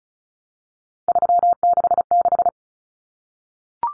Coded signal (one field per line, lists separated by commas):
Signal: Morse code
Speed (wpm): 34 wpm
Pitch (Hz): 700 Hz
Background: none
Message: 366